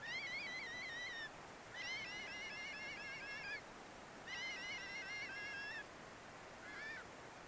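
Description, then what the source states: European honey buzzard chick calls: quavering whistled phrases, a few lasting over a second each and a brief last one, with pauses between, over faint steady hiss. Five-week-old chick waking at 4:30 in the morning, 10 August 2002, nest 30 metres up in a Douglas fir, north of Scotland; very quiet calls; microphone placed by the nest.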